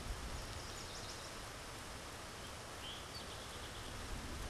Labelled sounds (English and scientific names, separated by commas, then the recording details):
Eastern Towhee (Pipilo erythrophthalmus) song
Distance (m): 85 m
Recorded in a Pennsylvania forest on 17 May 2023 at 13:59
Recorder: AudioMoth, point grid1_39_low
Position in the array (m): 135 m, 115 m